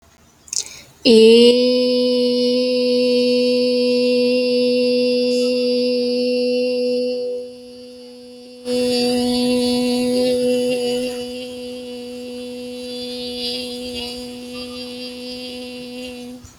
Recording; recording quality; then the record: sustained vowel as in made; excellent, no background noise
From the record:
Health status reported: healthy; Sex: female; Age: 30 years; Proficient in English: yes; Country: India